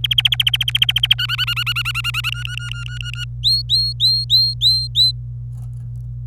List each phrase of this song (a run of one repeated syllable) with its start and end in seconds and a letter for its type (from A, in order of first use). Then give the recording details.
0.04-1.14 A, 1.18-2.30 B, 2.32-3.25 C, 3.43-5.11 D. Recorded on 26 April 2018 at 09:36. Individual llb3